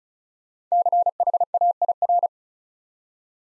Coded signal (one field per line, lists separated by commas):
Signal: Morse code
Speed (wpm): 36 wpm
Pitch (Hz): 700 Hz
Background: none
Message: CHAIR